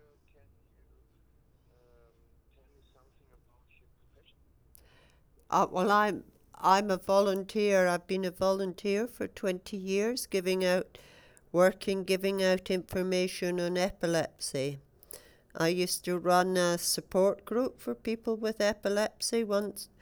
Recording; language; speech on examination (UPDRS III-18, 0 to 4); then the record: conversation on a phone call; English; 0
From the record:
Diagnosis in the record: healthy control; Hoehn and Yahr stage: 0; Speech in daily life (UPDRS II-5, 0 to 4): 0